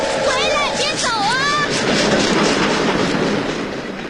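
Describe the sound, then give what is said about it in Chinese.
A train pulling away from a station, missed by a traveller who was trying to buy melons; a steady, loud rumbling roar that holds for about four seconds, with a few wavering, voice-like tones rising and falling over it in the first half. “甜瓜没买上，还误了火车。”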